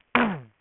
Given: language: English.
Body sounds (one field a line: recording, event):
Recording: throat vibration sensor signal played as sound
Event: throat clearing